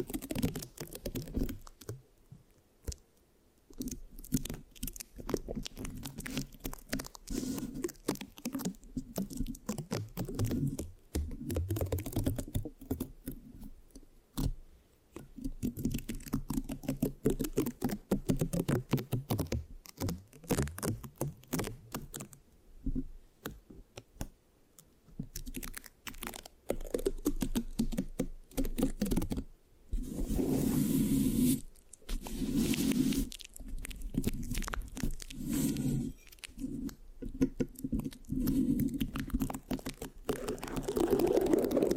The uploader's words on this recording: Mic Scratching, Sticky, Brain Massage Triggers (No Talking).